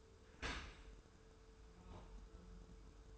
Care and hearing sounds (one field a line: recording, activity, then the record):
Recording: daily activity, microphone in the room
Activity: open dishwasher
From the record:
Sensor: 2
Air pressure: 1014.8 hPa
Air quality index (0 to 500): 25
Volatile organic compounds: 0 ppm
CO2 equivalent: 503 ppm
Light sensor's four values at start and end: 10/22/9/9 and 10/22/9/9